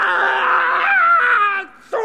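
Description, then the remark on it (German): A person lets out a long, loud, strained scream that slowly falls in pitch, breaks off for a moment, then starts screaming again. “Schrei nicht so, du tust dir weh.”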